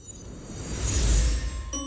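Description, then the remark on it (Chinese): In the multi-voice audio novel 女寝大逃亡, a low rushing swell of noise builds and fades, then a bright electronic prompt chime sounds abruptly at the very end, clear and steady in pitch, as exam takers are told to ready paper and pens. “几人面面相觑，来不及讨论答案正确的原因，估计也没有这个机会了，只能在提示声中匆匆寻找手边的纸笔。”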